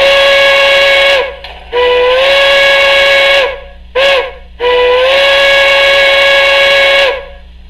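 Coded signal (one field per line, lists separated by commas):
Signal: train horn signal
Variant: steam locomotive whistle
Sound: steam whistle blows long, long, short, long with chuffing hiss between blasts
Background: steam hiss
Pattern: 2 long, 1 short, 1 long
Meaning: Approaching a grade crossing; warning to road traffic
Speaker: most people are familiar with long long short long as a great crossing sequence so let's play that really quickly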